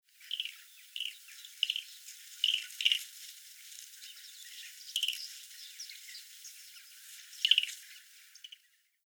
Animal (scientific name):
Hydropotes inermis